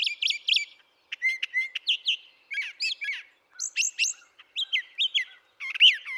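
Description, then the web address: Brown thrasher song with quick doubled chirps and slurred whistles, some buzzy notes, delivered in rapid, closely spaced phrases. "birdsongforthecurious Brown Thrasher"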